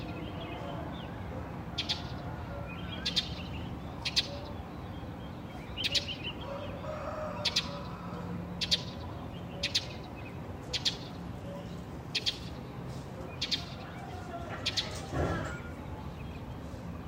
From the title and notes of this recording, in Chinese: 这段声音来自于4月23日的早晨。Kidd发来大理清晨的声音。听到陆续传出来的鸟叫声，一只，两只，三只，有的叽叽喳喳，有的布谷布谷。都是用简单的设备录制而成，没有经过太多修饰。